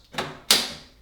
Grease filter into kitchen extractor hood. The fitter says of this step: go down here like so, and it locks into place. So make sure you put the back in first, like that.